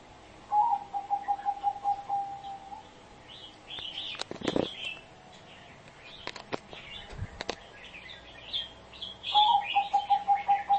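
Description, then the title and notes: Spotted dove cooing in quick runs of soft, even notes, one run early and another near the end, with other small birds chirping higher and some sharp noises between. Spotted dove calls used as a lure for trapping. "Pikat Burung Tekukur Paling Ampuh. Kumpulan suara burung tekukur paling ampuh"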